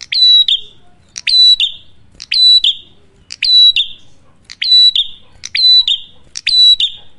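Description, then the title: Prinia giving loud, shrill chirping phrases with a brief buzzy tail, repeated at an even pace about once a second. Loud duet of fluent (gacor) singing cililin and kapas tembak, used for luring wild birds or training cage birds (masteran). "Masteran Duet Cililin Vs Kapas Tembak. Prenjak Gacor. Ngalun Kencang, Ampuh Banget Buat Pikat Ataupun Masteran"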